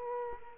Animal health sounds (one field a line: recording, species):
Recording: mosquito wingbeat signal from an infrared sensor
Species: Culex quinquefasciatus